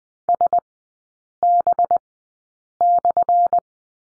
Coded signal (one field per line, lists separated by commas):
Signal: Morse code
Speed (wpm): 20 wpm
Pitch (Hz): 700 Hz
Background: none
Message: SB/